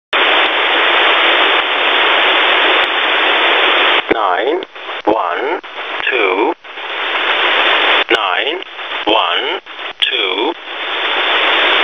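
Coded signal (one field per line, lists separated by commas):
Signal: numbers station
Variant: E07a, English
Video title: Russian E07a "English Man" number station at 7933 kHz (null message)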